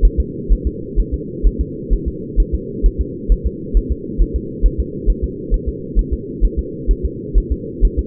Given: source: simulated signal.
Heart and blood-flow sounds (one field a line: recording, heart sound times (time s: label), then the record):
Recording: fetal heart sounds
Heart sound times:
0.05 s: S1
0.20 s: S2
0.52 s: S1
0.67 s: S2
1.00 s: S1
1.14 s: S2
1.46 s: S1
1.61 s: S2
1.93 s: S1
2.08 s: S2
2.40 s: S1
2.54 s: S2
2.86 s: S1
3.01 s: S2
3.32 s: S1
3.46 s: S2
3.77 s: S1
3.92 s: S2
4.22 s: S1
4.36 s: S2
4.66 s: S1
4.80 s: S2
5.10 s: S1
5.24 s: S2
5.54 s: S1
5.69 s: S2
5.99 s: S1
6.13 s: S2
6.44 s: S1
6.59 s: S2
6.91 s: S1
7.06 s: S2
7.38 s: S1
7.52 s: S2
7.85 s: S1
7.99 s: S2
From the record:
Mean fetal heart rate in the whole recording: 130 bpm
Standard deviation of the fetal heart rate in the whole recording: 2 bpm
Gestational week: 36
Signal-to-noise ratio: -4.1 dB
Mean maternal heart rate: no maternal heart sound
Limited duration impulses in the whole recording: absent